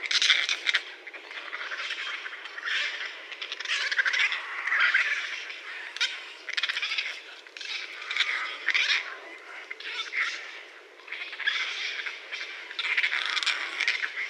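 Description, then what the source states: Raccoon harsh squawks and chatters in repeated short, rough, grating bursts throughout. Recorded on 30 January 2012.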